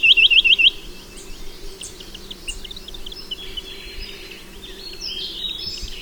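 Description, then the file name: Chinese nuthatch giving a quick run of five high, hooked notes at the start, then only faint chirps over a low background hum. "Mathias Ritschard - Kosmatyj popolzen Sitta villosa"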